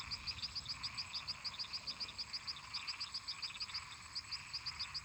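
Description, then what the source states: Frogs and toads: frogs chorusing, with fast high clicking notes in uneven runs with short pauses, over a steady buzzy hum of other callers. Many toads and frogs calling in a marsh.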